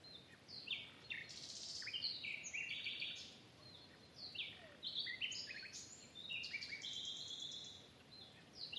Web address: cianscape birddata Deverinetal Bird Only Lu Me